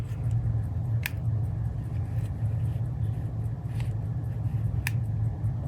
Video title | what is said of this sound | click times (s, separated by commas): How To Use A Film Leader Retriever | so you can hear it click there I'll keep going | 1.1 s, 4.9 s